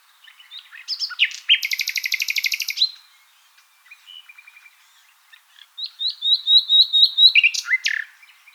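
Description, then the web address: Common nightingale song with scattered chirps leading into a rapid rattling burst, quiet notes, then a quick string of repeated piping notes and a final swooping slur. "songs luscinia megarhynchos call"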